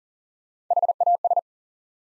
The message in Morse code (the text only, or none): HAS